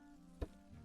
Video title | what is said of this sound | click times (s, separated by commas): Paint Jean-Paul Riopelle's "Vent du Nord" (1952-53)! – Free Intro to Acrylic Painting Class #37 | i can hear it popping away | 0.4 s